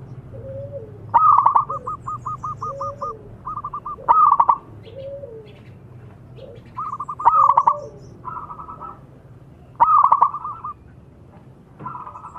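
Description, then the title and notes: Zebra dove song: staccato coo trills repeated about every three seconds, with softer, lower slurred coos in between. Zebra dove actively singing. "Pancingan Perkutut Durasi Panjang. Suara Burung Perkutut Gacor"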